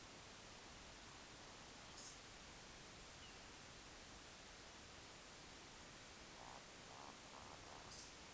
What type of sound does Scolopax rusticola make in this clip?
whistle, croak